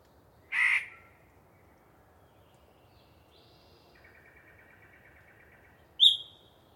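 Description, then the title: Yellow-breasted chat giving a loud harsh note, then a soft rattling series, ending with a sharp, bright whistle. Particularly chatty bird giving a long pre-dawn soliloquy in deciduous cover. "A Very Chatty Yellow-breasted Chat"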